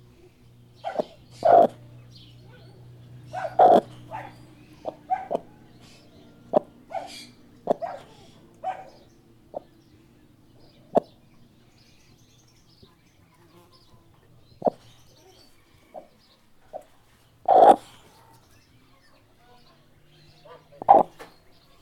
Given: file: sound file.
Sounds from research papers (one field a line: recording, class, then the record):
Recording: poultry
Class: laying eggs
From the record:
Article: Edge intelligence for poultry welfare: Utilizing tiny machine learning neural network processors for vocalization analysis